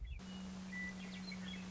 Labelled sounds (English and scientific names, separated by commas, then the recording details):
Western Meadowlark (Sturnella neglecta)
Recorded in Sonoma County, California